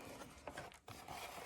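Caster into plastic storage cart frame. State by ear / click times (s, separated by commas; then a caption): not seated / none. A folding plastic caster is unfolded and pressed toward the back of a plastic storage cart frame, producing steady rubbing and scraping handling noise with a few short knocks between about 0.5 and 0.9 seconds. The clip ends before the caster snaps in, and nothing has seated or clicked yet.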